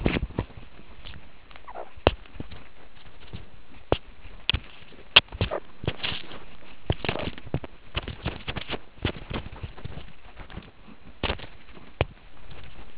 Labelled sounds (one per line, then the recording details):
meerkat short note
meerkat close call
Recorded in the Kuruman River Reserve, South Africa
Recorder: an audio tag on a meerkat's collar